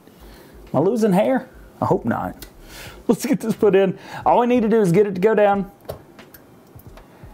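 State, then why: Partly seated. Someone talks while pushing an expansion card down into its motherboard slot. A sharp sound at 5.9 s marks the card going into the slot, followed by a few faint knocks. The card is slotted, but the retaining latch has not clicked yet.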